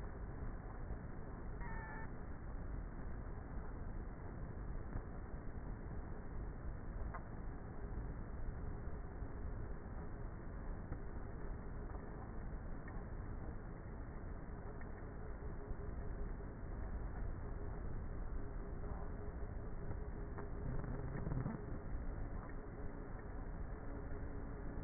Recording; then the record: honeybee colony, microphone inside the hive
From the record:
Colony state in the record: queenless with a low population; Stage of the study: before two queens were removed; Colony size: about 30,000 bees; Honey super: no